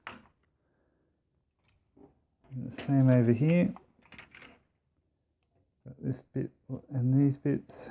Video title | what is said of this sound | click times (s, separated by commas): Transformers Generations Combiner Wars Devastator Review | should here all click into place | 0.1 s